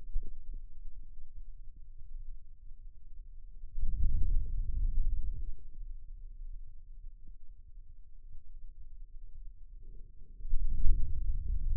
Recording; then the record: forearm muscle sounds (acoustic myography)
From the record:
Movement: hand closing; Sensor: system 2, bracelet of six BSWA MPA416 microphones around the upper forearm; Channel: 4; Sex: male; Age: 22 years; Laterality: right